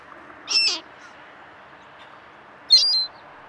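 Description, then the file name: Ring-billed gull calls, two short harsh bursts about two seconds apart, each brief and ringing with stacked harmonics, over a steady low background hiss. "Ring-billed Gull - Larus delawarensis"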